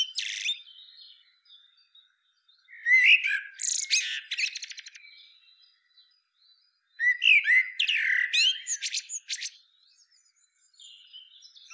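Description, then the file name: Common blackbird song: separate phrases of low mellow whistles rising into high, twittering squeaks, with short quiet pauses between them. "Turdus merula"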